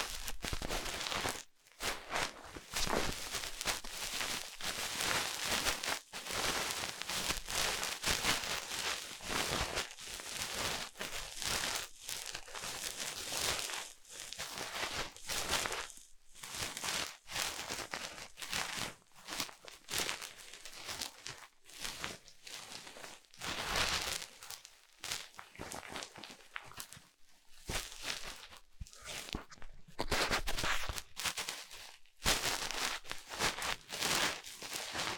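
Ear cleaning sounds: dense, bright crackling and rustling scrapes with a crinkly texture, shifting constantly in loudness. Brief silent gaps break the scratching irregularly throughout, with louder bursts of crackle around the middle and near the end.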